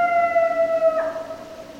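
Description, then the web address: Coyote howl: a sustained, steady tone with layered harmonics that breaks and drops slightly after one second, then fades. Several coyotes recorded on 30 November 2012. "Coyote 2012 11 30 Coyotes"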